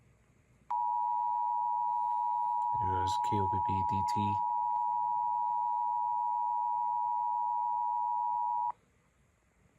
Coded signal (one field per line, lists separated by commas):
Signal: Emergency Alert System (SAME) tones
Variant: 853 and 960 Hz attention tone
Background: speech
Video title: OKLAHOMA TESTED TWICE... EAS Tests from June 2024 (EAS #4,471 - 4,532)